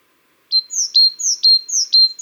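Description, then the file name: Great tit singing a bright two-part phrase four times after a brief silence, each a high slurred note followed by a sharp lower click-like note. "Parus major"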